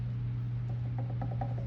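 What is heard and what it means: A plastic throwing bat sits loosely on the pins of a potter's wheel-head, and moving it makes a series of small clicks at 1.0, 1.2 and 1.4 seconds over a steady low hum. The clicks come from slack in the holes, so the bat fits but is not fully secure.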